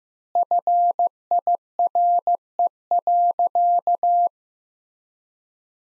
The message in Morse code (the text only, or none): FIRE.